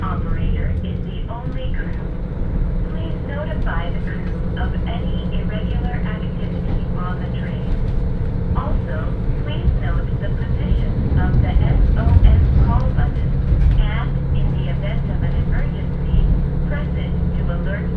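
Riding a Hakodate Main Line train, a steady low rumble of the moving carriage fills the whole stretch, with a constant hum underneath. Voices talk quietly throughout, overlapping in short phrases, and a few faint clicks and bumps rise briefly around twelve to fourteen seconds.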